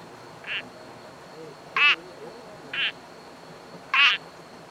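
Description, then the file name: Sri Lanka bubble frog giving four short calls: two softer ones alternating with two louder, harsher ones. A faint steady high-pitched tone sits in the background. "Uperodon obscurus"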